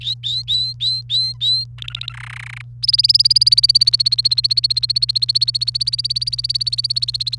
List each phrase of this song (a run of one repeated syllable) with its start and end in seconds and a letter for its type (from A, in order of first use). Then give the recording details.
0.01-1.64 A, 1.78-2.12 B, 2.14-2.61 C, 2.83-7.38 D. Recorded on 28 April 2018 at 10:06. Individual llb3